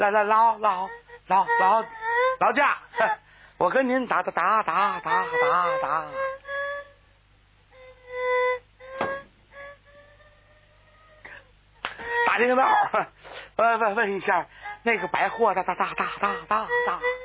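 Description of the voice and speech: Mandarin speech in a comedic story: an imitated stutter of an out-of-town visitor asking the way to the department store building, with rapid runs of repeated syllables, 'lao' and then 'da' over and over, and a long stall before he pushes on.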